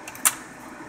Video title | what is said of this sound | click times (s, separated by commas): Removing the hard drive from a Dell Optiplex 9010 | drive just once again slides right in you want to hear click that's it | 0.3 s